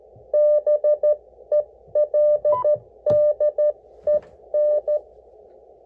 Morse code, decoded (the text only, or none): BELDEN